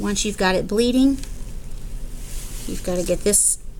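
During a point-of-care PT/INR test, a plastic test cup or strip is being handled for pushing into a coagulation meter right after a finger is lanced, while someone talks. A brief high hiss is heard near 3.5 seconds, but the cartridge has not snapped into place yet, and nothing has seated or clicked.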